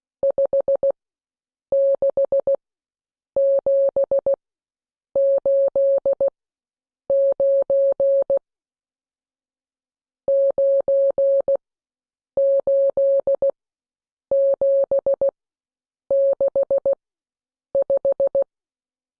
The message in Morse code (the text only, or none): 56789 98765